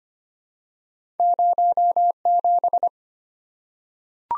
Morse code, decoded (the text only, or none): 07